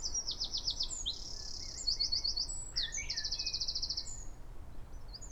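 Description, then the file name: Eurasian wren delivering a short, brilliant song of three rapid rattling trills strung with high chips, then a brief pause, against soft background noise. "Troglodytes troglodytes"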